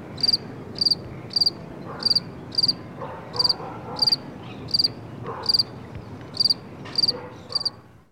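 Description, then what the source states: Cricket giving brief high trilled chirps in a repeated series, with steady traffic rumble underneath. Outdoors, with traffic in the background.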